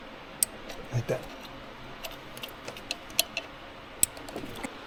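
During a 2017 Ford Escape EcoBoost fuel injector replacement, an injector fitting or connector is pushed down onto a fuel injector with a tool until it seats, giving one sharp click at 0.4 s. Softer taps and clicks follow through the rest of the clip while someone talks. The fitting is confirmed clicked home and seated.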